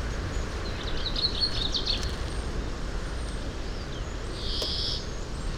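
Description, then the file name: European greenfinch twittering in a quick burst, then later giving one long nasal wheeze, over persistent low background noise. "Chloris chloris"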